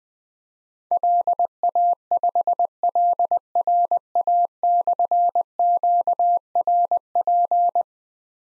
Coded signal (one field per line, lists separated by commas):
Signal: Morse code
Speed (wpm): 20 wpm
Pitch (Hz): 700 Hz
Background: none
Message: LA5LRA/QRP